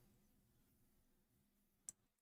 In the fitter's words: Like that. Click into place there. Cool.